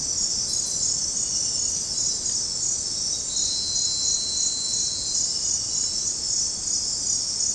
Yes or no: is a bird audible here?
no